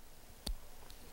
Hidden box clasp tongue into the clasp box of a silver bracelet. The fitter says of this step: you can hear that click of the security that's